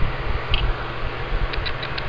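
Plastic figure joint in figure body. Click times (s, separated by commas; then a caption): 0.5 s. A plastic part of a Transformers Generations Fall of Cybertron Senator Ratbat action figure is pushed into the figure's body during transformation and seats with a quite loud, sharp click at 0.5 s. Softer ticks follow at about 1.5 s and 2.0 s over a steady low hum.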